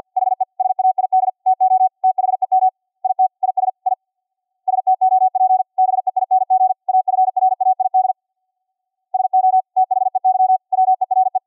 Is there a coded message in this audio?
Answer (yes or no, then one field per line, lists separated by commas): yes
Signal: Morse code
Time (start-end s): 0.2-11.4 s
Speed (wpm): 50 wpm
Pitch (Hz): 750 Hz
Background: none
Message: HE SAID TO THEM IT IS I STOP BEING AFRAID SO THEY WERE